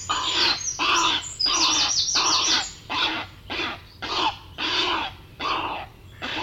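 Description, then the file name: Grey heron harsh, rasping squawks, a series of broad grating bursts repeated well under a second apart, with thin high chirps mixed in near the start. "Grey Heron (Ardea cinerea)"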